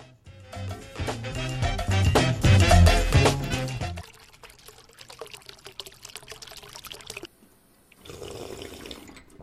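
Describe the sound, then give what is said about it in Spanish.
Water gushes loudly from a tap for about four seconds, then thins to a softer, steady trickle, stops briefly, and resumes as a faint hiss of running water. No one speaks. “Tiene algo raro el agua.”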